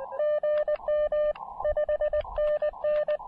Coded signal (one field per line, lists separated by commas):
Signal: Morse code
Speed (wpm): 20 wpm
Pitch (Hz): 600 Hz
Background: radio noise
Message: GM 5NN